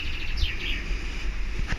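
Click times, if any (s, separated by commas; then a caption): none. The small circuit board of a Bailey Senator caravan toilet flush switch, with its wiring reconnected, is handled and pushed toward its plastic switch housing against a steady low background with faint high chirping tones. A brief broadband rustle comes near 1.7 s, but the board has not seated or clicked into the housing yet.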